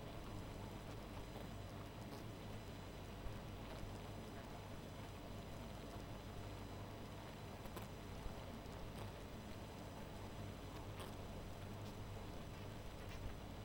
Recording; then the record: honeybee colony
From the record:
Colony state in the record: missing queen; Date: 14 July 2017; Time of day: 0:32